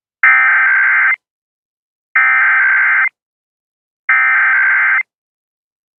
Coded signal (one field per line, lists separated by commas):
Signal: Emergency Alert System (SAME) tones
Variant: header bursts